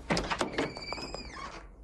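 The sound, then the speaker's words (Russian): A hotel room door is opened by a man: a few quick clunks of the latch and handle, then a thin, rising hinge squeak that trails off into quiet. No one speaks. “Подхватывает оставленную куртку, открывает дверь номера.”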